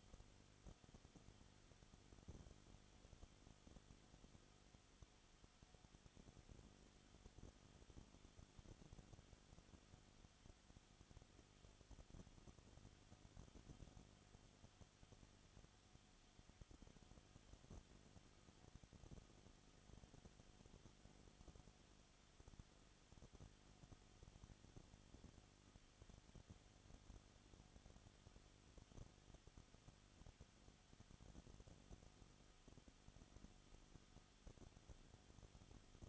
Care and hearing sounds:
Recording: daily activity, microphone in the room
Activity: no activity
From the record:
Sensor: 4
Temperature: 22.7 degrees Celsius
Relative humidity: 31.8%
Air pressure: 995.4 hPa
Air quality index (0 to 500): 158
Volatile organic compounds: 2 ppm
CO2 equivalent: 1256 ppm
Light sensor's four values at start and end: 2/3/1/1 and 2/3/1/1

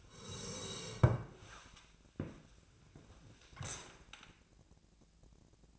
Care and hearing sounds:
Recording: daily activity, microphone in the room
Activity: sit down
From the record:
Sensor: 2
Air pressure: 1000.2 hPa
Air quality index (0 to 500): 160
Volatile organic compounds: 3 ppm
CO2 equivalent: 1339 ppm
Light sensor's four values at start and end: 8/17/8/8 and 8/19/8/9

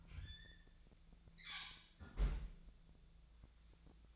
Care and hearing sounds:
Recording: daily activity, microphone in the room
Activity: close fridge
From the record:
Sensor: 3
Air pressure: 1009.6 hPa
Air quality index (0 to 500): 195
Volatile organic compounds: 16 ppm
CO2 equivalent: 2532 ppm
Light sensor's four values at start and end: 33/82/35/37 and 33/83/35/38

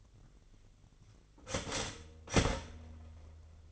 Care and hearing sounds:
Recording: daily activity, microphone in the room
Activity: start toaster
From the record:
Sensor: 4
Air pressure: 1002.7 hPa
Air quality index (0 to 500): 233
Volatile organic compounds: 16 ppm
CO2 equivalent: 2529 ppm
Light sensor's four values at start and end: 21/73/27/27 and 17/59/22/21

